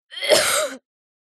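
A single voiced cough from a 9-year-old boy, lasting under a second, with a harsh, noisy burst and a short throaty tail. It is one isolated cough, with no wheeze or background noise.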